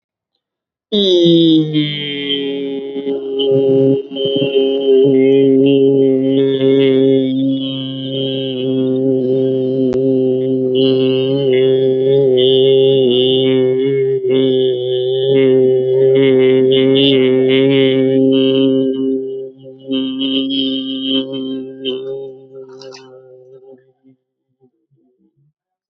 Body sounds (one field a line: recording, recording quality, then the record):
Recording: sustained vowel as in beet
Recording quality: excellent, no background noise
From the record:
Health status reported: healthy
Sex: male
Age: 26 years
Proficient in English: yes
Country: India